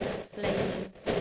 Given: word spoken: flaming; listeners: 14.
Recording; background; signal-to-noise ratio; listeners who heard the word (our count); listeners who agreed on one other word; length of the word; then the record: one English word in noise, from a listening test; noise modulated by three-talker babble; -4.9 dB; 0 of 14; 9 of 14; 0.81 s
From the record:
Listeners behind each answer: 9, 2, 1, 1, 1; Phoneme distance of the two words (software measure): 14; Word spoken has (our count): 2 syllables, 6 phonemes, stress on syllable 1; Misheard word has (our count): 1 syllable, 4 phonemes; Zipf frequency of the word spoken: 3.47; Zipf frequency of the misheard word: 4.05